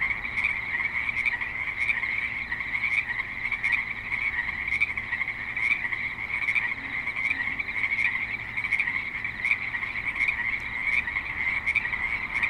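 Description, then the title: Frogs calling in a loud, unbroken chorus of rasping croaks, sharp notes repeating across the whole stretch. Creek in suburban Spanish Springs, Nevada. "Frogs in Spanish Springs, NV - creek view"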